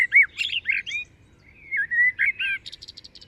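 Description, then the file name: Common blackbird, mellow fluted notes followed by a short burst of rapid, thin high twittering at the end. "Turdus merula"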